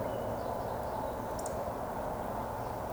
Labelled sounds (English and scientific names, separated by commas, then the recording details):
Eurasian Woodcock (Scolopax rusticola) whistle
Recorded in Baden-Württemberg, Germany, on 24 June 2020 at 20:01 UTC
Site 14569, 102 m above sea level